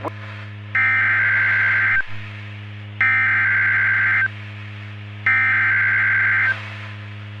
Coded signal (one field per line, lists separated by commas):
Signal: Emergency Alert System (SAME) tones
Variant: header bursts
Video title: Summers Day (EAS Scenario)